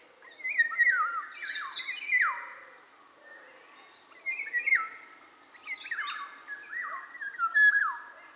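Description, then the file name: Eurasian golden oriole song: repeated rich whistled phrases that slide downward, coming every few seconds, with thinner higher notes among them. "sargarigo"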